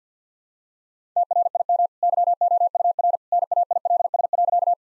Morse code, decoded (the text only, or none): TRIM YOUR NAILS.